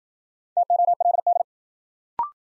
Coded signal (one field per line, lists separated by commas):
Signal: Morse code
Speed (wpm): 54 wpm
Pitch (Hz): 700 Hz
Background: none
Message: TOLD